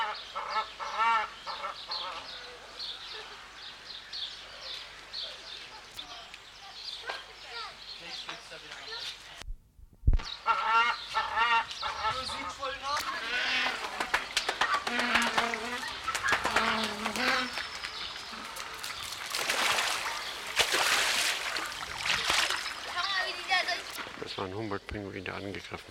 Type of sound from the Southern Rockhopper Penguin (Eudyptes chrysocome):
call